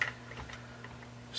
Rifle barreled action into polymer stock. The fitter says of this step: squeeze down and it will snap into place